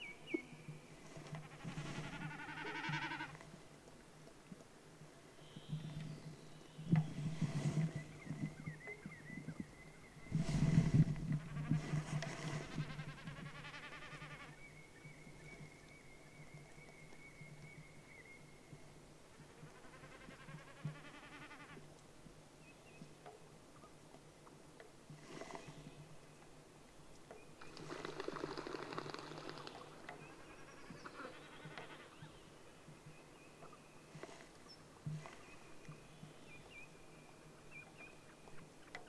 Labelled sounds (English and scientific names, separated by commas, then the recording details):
Common Snipe (Gallinago gallinago)
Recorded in the wild
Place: Halbinsel Kindo, Karelien, RU
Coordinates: 66.55, 33.1
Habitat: moor
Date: 1998-06-21 22:50
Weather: clear, 12°C, weak easterly winds
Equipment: Aiwa HD-S1, Telinga Pro 5
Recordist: Frommolt, Karl-Heinz